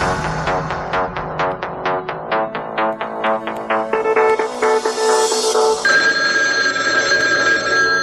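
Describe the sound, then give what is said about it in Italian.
A mobile phone rings with a rapid run of bright, evenly spaced electronic chimes, about a dozen quick pulses, then shifts into a steadier sustained melodic tone. No one speaks over it. “Suona il cellulare.”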